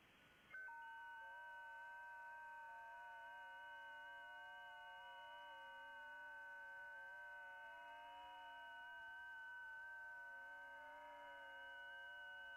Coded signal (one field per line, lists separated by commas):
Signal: FT8